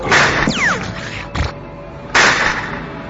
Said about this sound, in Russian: Сыщик выхватил пистолет и выстрелил.